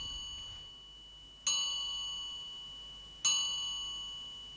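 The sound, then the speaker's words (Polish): The station signal chime of Polish Radio Program Three (Trójka): two bright, bell-like dings about two seconds apart, each striking sharply and ringing out with a long, slowly fading sustain, with no voices. “Wypada mi teraz tradycyjnie poprosić o sygnał. W tonacji trójki.”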